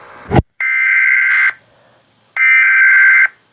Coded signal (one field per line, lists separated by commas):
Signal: Emergency Alert System (SAME) tones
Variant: header bursts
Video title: EAS Scenario #4 Robert the Shark error Part 1 (With Sirens)